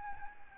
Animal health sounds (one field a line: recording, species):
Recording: mosquito wingbeat signal from an infrared sensor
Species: Aedes albopictus